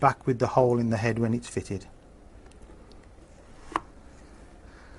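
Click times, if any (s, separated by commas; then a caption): 3.8 s. Someone talks while a plastic vortex is offered up to the head of a Hozelock Bioforce UV pond filter, its four tags lined up with the four slots in the head, then twisted home like a light bulb. After a few faint ticks, a sharp, loud click at 3.8 s marks the bayonet vortex locking into the filter head, seated.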